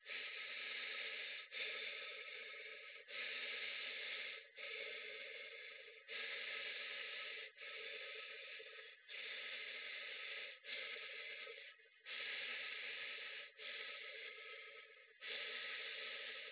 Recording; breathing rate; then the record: paced breathing near a phone; 20 breaths a minute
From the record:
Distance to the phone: 20 cm